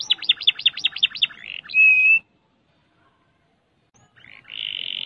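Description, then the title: Canary song: a rapid trill of looped whistles, a long steady high whistle, silence, then a buzzy sustained note starting near the end. "Kenari"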